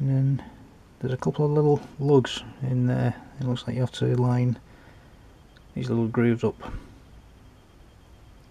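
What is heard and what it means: Someone talks while lining up the small lugs on a plastic limb part with their grooves before pushing it into a joint of a Bandai Stormtrooper figure. Between the stretches of talk there are only quiet handling sounds. Nothing has seated or clicked yet.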